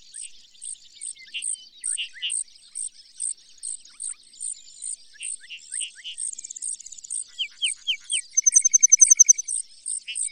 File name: Brewer's Sparrow